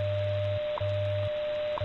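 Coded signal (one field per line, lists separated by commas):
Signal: radio time signal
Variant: WWV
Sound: steady mid tone and low hum with a short tick each second, 2 ticks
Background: radio static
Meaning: Each short tick marks one second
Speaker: funnily 25000 kilohertz experimental this wine doesn't come in all the time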